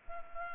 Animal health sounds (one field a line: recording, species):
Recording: mosquito wingbeat signal from an infrared sensor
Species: Culex pipiens